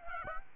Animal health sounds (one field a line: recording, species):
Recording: mosquito wingbeat signal from an infrared sensor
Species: Aedes aegypti